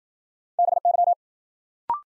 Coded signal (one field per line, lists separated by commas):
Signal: Morse code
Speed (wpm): 54 wpm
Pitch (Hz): 700 Hz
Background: none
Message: BY